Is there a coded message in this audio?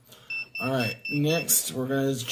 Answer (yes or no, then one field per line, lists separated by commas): no